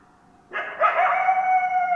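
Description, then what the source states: Coyote howl: after a faint tone, a loud harsh bark swells into a sustained, steady howl that runs to the end. Recorded 10 December 2012.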